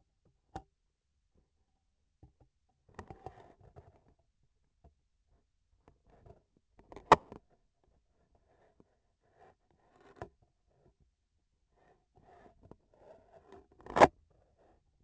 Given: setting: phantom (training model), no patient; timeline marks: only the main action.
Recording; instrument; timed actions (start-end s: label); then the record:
laparoscopic instrument, vibration sensor on the handle end; scissors
13.63-14.23 s: cutting thread
From the record:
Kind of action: gesture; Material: cotton thread